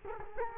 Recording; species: mosquito wingbeat signal from an infrared sensor; Culex quinquefasciatus